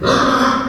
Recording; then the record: squeal of a Yucatan mini pig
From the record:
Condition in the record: after surgery on the right vocal fold (resection and tissue-engineered implant); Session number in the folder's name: 15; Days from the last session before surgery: 175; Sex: female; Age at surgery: 19 weeks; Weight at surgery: 25 kg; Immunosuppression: prednisolone